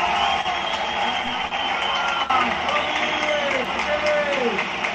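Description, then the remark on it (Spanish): Steady, loud applause from a large stadium crowd as a team substitution is announced and a player leaves, a dense wash of clapping and crowd noise that holds level for the whole stretch, with indistinct voices mixed into the roar. “Y sale, momentáneamente, con aplausos”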